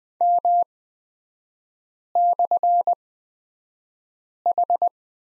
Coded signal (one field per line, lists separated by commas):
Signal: Morse code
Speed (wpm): 20 wpm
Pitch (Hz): 700 Hz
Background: none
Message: M/H